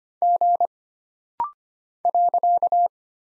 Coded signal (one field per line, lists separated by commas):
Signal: Morse code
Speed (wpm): 25 wpm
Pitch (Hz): 700 Hz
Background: none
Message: G .